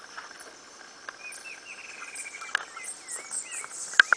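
Bird calls: thin whistled chirps scattered throughout, over a steady high hiss, with a few sharp clicks.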